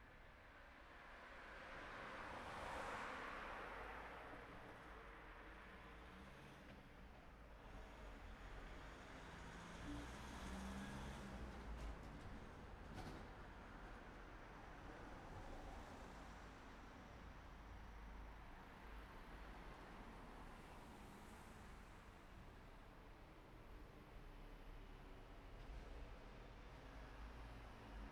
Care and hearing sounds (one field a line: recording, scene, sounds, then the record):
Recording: everyday scene through a hearing-aid microphone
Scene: in traffic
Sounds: traffic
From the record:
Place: city secondary road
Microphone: behind the ear, right, rear